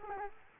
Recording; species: mosquito wingbeat signal from an infrared sensor; Culex quinquefasciatus